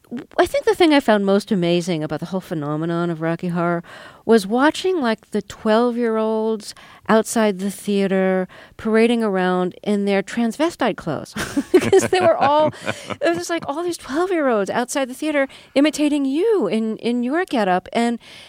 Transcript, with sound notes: I think the thing I found most amazing about the whole phenomenon of "Rocky Horror" was watching, like, the 12-year-olds outside the theater parading around in their transvestite clothes...
(Laughter).
...Because they were all - there was just, like, all these 12-year-olds outside the theater imitating you in your get-up.